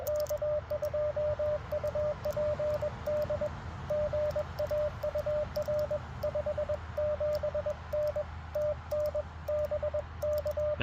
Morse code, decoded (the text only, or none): K2UPD GAUR 57N TN BK